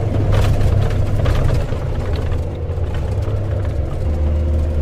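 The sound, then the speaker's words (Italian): A Lince armored military vehicle's engine drones low and steady as it drives fast, with rattling, clunking bumps and jolts over a rough road full of potholes and stones; no voices. “Il nostro blindato Lince procede veloce su una strada decisamente dissestata, piena di buche e di sassi.”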